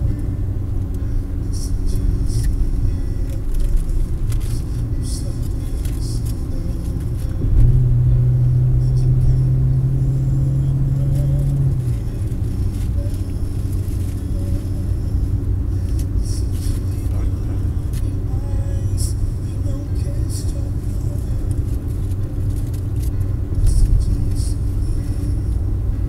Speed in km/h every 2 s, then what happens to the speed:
63, 59, 59, 57, 62, 63, 64, 64, 65, 65, 65, 65, 66.
0-6 steady at about 59. 6-10 speeds up to 63. 10-26 steady at about 65.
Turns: none.